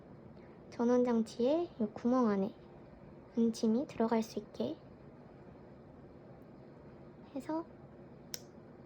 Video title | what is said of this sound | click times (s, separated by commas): [더베러라이프] 캠핑의 계절을 맞이해 신상 캠핑 캔키트를 만들어보자! - DIY, 네온사인, 공예, 네온공예, 만들기, 캔 네온사인 만들기, 캠핑카 | 이렇게 딸깍 소리가 나면 연결이 잘 된 거예요 | 8.3 s